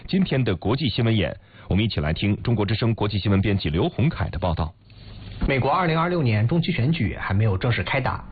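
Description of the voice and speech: Adult male news broadcaster speaking Mandarin Chinese in a normal voice.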